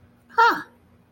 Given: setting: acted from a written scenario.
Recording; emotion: vocal sound without words; interest